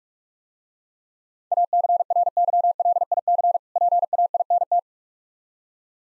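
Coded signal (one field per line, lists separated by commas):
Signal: Morse code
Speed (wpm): 46 wpm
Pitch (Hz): 700 Hz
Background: none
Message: ACRYLIC PAINT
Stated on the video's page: Morse code practice of difficult words at 45 wpm, with contextual hints.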